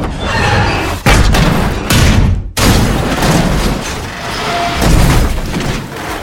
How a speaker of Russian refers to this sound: Артем таранит машину, она опрокидывается на бок и переворачивается несколько раз.